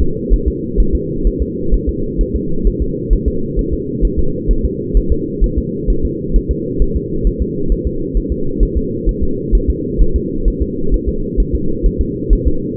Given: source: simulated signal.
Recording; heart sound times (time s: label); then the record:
fetal heart sounds
0.02 s: S2
0.34 s: S1
0.48 s: S2
0.80 s: S1
0.95 s: S2
1.27 s: S1
1.42 s: S2
1.74 s: S1
1.89 s: S2
2.21 s: S1
2.36 s: S2
2.67 s: S1
2.82 s: S2
3.13 s: S1
3.28 s: S2
3.59 s: S1
3.73 s: S2
4.05 s: S1
4.19 s: S2
4.51 s: S1
4.65 s: S2
4.97 s: S1
5.12 s: S2
5.44 s: S1
5.58 s: S2
5.90 s: S1
6.05 s: S2
6.36 s: S1
6.51 s: S2
6.82 s: S1
6.96 s: S2
7.27 s: S1
7.42 s: S2
7.72 s: S1
7.87 s: S2
8.17 s: S1
8.32 s: S2
8.63 s: S1
8.77 s: S2
9.09 s: S1
9.23 s: S2
9.55 s: S1
9.70 s: S2
10.02 s: S1
10.16 s: S2
10.48 s: S1
10.62 s: S2
10.94 s: S1
11.08 s: S2
11.40 s: S1
11.55 s: S2
11.86 s: S1
12.01 s: S2
12.33 s: S1
12.47 s: S2
From the record:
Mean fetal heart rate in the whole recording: 130 bpm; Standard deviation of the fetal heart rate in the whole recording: 2 bpm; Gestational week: 36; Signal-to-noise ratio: -8.1 dB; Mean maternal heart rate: 72 bpm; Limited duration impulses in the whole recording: absent